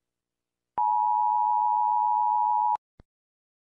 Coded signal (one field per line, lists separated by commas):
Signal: Emergency Alert System (SAME) tones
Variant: 853 and 960 Hz attention tone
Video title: Mr incredible becoming uncanny you hear this eas alarm